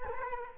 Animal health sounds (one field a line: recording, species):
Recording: mosquito wingbeat signal from an infrared sensor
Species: Culex quinquefasciatus